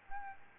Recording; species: mosquito wingbeat signal from an infrared sensor; Aedes albopictus